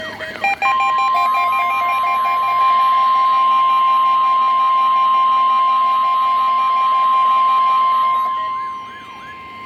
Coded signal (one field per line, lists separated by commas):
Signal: Emergency Alert System (SAME) tones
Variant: 1050 Hz attention tone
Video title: EAS/NWR Alert or message #587-588: Required Weekly Test but cloudy skies lol